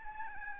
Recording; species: mosquito wingbeat signal from an infrared sensor; Aedes albopictus